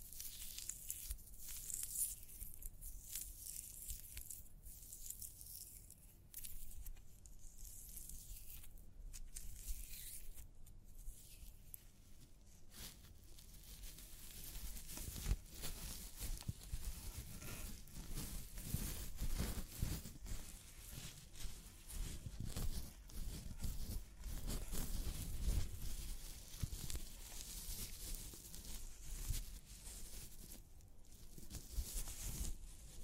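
Fingers work through hair in a scalp massage and hair wash, making dense, crackly rustling and scratching with a bright, hissy edge. The sound is fairly soft at first, then grows fuller and louder from about midway, with more low rubbing and irregular bursts.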